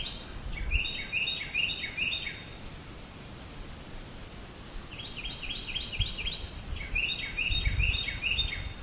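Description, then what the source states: Bird chirping: a rapid string of short, descending chirps opens, a quiet gap follows, then more chirp runs return, all over continuous background hiss. Recorded in 2008.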